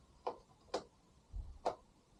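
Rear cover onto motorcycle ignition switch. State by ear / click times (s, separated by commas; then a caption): seated / 1.7 s. A plastic rear cover is pushed back onto the ignition switch assembly of a BMW F650GS Dakar motorcycle, making sharp ticks at about 0.3 s and 0.8 s and a low thump near 1.4 s. A final crisp click at 1.7 s marks the cover clicking into place, seated.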